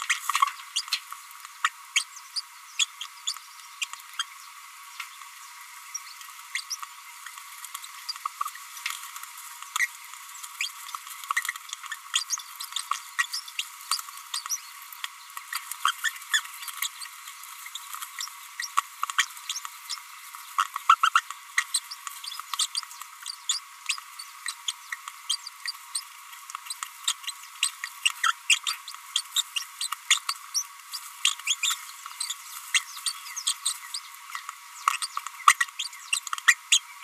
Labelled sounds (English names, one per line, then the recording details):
Green-rumped Parrotlet babbling
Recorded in a nest box in Venezuela
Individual 18B25A3